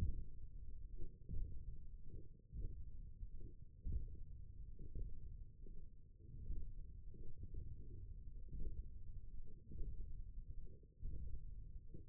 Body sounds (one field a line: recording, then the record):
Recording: forearm muscle sounds (acoustic myography)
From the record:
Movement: index flexion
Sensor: system 1, eight BSWA MPA416 microphones around the upper forearm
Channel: 5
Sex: male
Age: 20 years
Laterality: left